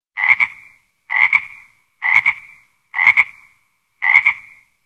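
Frog croaking: five loud, raspy double-pulsed croaks, evenly spaced about one second apart, with silence between them.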